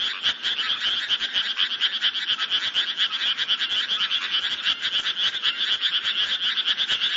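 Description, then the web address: Frogs calling in a dense chorus, a continuous pulsing, rattling croak with rapid overlapping notes and no breaks, no other sounds clearly heard. "ayase frog"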